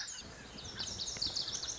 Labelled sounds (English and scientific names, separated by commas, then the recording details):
Lazuli Bunting (Passerina amoena)
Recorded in Sonoma County, California